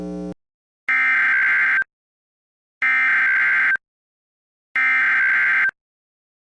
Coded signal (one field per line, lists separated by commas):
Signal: Emergency Alert System (SAME) tones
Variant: header bursts